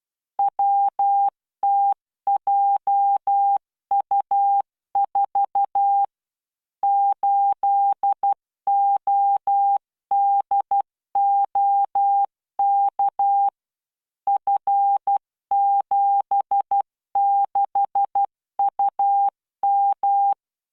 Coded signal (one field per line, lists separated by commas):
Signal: Morse code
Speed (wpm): 12 wpm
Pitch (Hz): 800 Hz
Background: none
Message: WTJU4 8ODOK F76UM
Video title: tamanのモールス練習動画8（モールス信号 速度12WPM スペース標準）Learn Morse Code